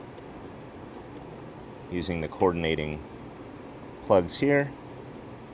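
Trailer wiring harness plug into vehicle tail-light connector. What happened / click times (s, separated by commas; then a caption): The wiring connector is being handled but has not clicked home yet / none. On a 2018 Dodge Journey, during a trailer wiring installation with LED lights, a plastic trailer wiring harness plug is being pushed into the vehicle's matching tail-light connector so it clicks in for a good connection. Someone talks over a steady low background hiss. Nothing has seated or clicked yet.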